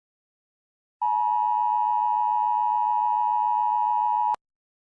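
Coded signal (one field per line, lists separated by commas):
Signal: Emergency Alert System (SAME) tones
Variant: 853 and 960 Hz attention tone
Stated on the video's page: Fictional EAS scenario based on the film Scream, made with text-to-speech.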